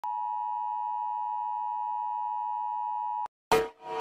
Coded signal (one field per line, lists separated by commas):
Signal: Emergency Alert System (SAME) tones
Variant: 853 and 960 Hz attention tone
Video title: Rating EAS Alarms Part 3: REVISITED